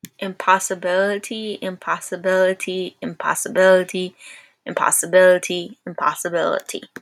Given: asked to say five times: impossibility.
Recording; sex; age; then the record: repeated word; female; 20 to 29 years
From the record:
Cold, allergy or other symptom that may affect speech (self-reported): no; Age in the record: 21 years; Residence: Florida, United States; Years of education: 16